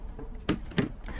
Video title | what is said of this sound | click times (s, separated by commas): Best Quality Survival Buckets Wallaby Lock-Lid Buckets | snaps in place with a gasket | 0.5 s, 0.8 s